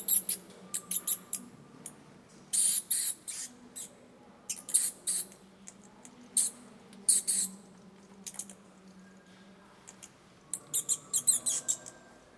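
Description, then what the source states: Bat calls, loud high-pitched squeaky bursts repeated in irregular clusters throughout, separated by short pauses, over a faint low hum. Soundscape.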